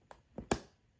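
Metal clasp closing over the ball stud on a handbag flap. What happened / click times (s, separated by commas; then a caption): The metal clasp clicked shut / 0.5 s. A metal clasp piece is slid over the ball stud on a handbag flap to close it, with faint taps at about 0.1 and 0.4 seconds. A sharp metallic click follows at 0.5 seconds as the clasp clicks shut and seats in place.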